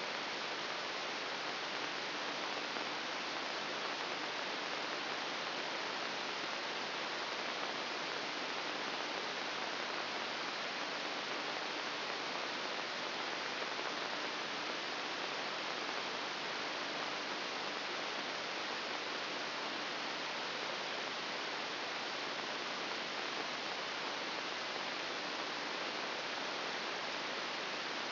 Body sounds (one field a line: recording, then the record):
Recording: brain microelectrode recording played as sound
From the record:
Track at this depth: inside the subthalamic nucleus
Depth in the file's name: 1.207 mm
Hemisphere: right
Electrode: 3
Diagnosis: Parkinson's disease